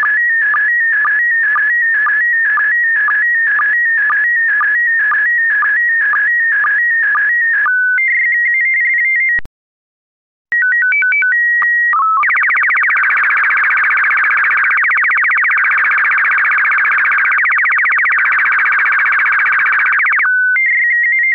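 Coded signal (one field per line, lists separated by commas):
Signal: SSTV (slow-scan television)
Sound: warbling rhythmic tones, a short steady tone header, then buzzing chirpy scan-line warble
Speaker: We bring you experiments with Slow Scan TV images, mostly photos, and also several kinds of data transmission using Fldigi. We have a show sending some data, mostly SSTV images.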